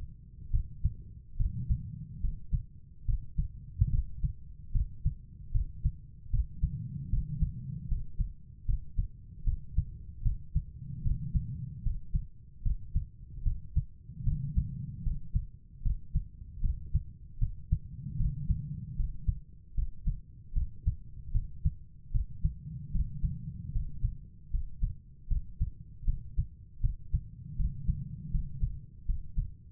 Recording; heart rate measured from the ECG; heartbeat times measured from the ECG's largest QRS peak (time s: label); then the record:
heart sounds by stethoscope; 76 bpm
0.50 s: heartbeat
1.36 s: heartbeat
2.20 s: heartbeat
3.05 s: heartbeat
3.90 s: heartbeat
4.71 s: heartbeat
5.51 s: heartbeat
6.30 s: heartbeat
7.09 s: heartbeat
7.88 s: heartbeat
8.65 s: heartbeat
9.44 s: heartbeat
10.22 s: heartbeat
11.02 s: heartbeat
11.82 s: heartbeat
12.62 s: heartbeat
13.43 s: heartbeat
14.23 s: heartbeat
15.02 s: heartbeat
15.82 s: heartbeat
16.60 s: heartbeat
17.38 s: heartbeat
18.16 s: heartbeat
18.95 s: heartbeat
19.74 s: heartbeat
20.53 s: heartbeat
21.31 s: heartbeat
22.11 s: heartbeat
22.91 s: heartbeat
23.72 s: heartbeat
24.50 s: heartbeat
25.27 s: heartbeat
26.04 s: heartbeat
26.80 s: heartbeat
27.56 s: heartbeat
28.30 s: heartbeat
29.05 s: heartbeat
From the record:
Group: healthy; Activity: rest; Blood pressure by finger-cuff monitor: 95/59 mmHg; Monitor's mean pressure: 72 mmHg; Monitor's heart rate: 76 bpm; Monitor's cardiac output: 6.5 L/min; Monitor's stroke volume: 86 mL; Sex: female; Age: 32 years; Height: 172 cm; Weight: 71.7 kg